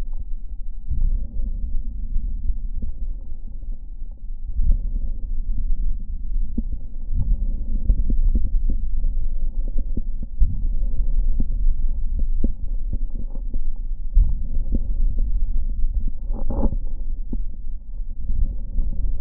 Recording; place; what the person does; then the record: lung sounds by stethoscope; right anterior apical chest; quiet breathing, then deep breathing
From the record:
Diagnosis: COPD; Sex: male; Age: 80 years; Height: 171 cm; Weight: 75 kg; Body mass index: 25.6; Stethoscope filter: diaphragm mode